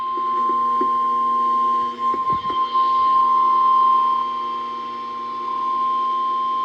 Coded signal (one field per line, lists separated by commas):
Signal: Emergency Alert System (SAME) tones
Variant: 1050 Hz attention tone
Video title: EAS #1017 - #1019 Severe Thunderstorm Warnings